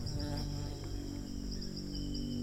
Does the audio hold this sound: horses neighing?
no